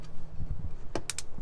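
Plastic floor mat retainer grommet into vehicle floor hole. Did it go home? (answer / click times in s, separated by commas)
yes / 1.1 s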